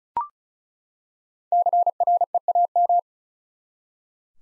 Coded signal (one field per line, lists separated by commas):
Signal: Morse code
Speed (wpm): 34 wpm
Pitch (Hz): 700 Hz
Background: none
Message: CREAM